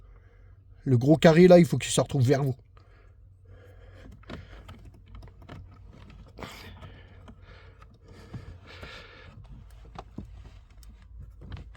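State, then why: Not seated. A plastic retaining clip for a car trim or body hole, with its large square side turned toward the viewer, is handled before being pushed in while routing a motor power supply to the trunk. Someone talks briefly near the start, followed by quiet handling noise with light taps around 4.3, 4.7, 6.4, 10.0 and 11.6 seconds. Nothing has seated or clicked yet; the clip is not yet home.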